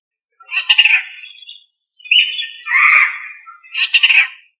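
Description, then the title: Bird song in bright chattering phrases, a burst at the start, varied whistled and buzzy notes in the middle, another chattering burst at the end. "LuckyPassaro Completos2Sama"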